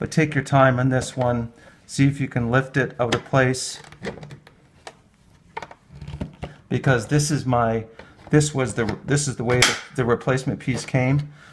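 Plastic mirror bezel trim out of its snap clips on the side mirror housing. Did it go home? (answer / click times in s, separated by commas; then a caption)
released / 4.9 s, 5.6 s, 6.4 s. On a 2011–2014 Ford Explorer side mirror, the painted plastic mirror bezel trim is lifted out of its snap clips on the mirror housing with a screwdriver while someone talks. Sharp plastic pops sound at 4.9, 5.6 and 6.4 seconds as its three plastic snaps disengage and the bezel comes free.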